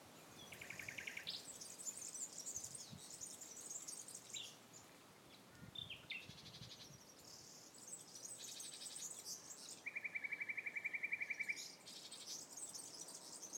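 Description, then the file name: Common nightingale song: buzzy high rattles, short slurred notes, then a fast even trill of repeated notes lasting about two seconds, phrases separated by brief gaps. "nachtigall 2016"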